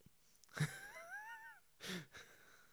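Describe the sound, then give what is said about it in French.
A cat gives one drawn-out, wavering meow, rising slightly then falling, framed by two short breathy bursts of noise before and after. No one speaks. “Ouais, j'ai entendu un chat qui miaulait.”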